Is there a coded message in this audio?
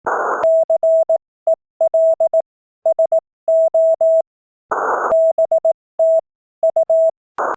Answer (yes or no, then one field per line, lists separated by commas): yes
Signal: Morse code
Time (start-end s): 0.4-7.1 s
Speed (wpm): 18 wpm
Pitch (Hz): 650 Hz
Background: none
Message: CELSO BTU